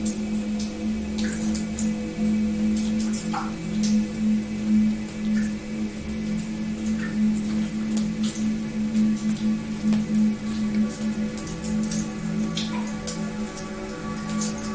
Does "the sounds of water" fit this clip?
yes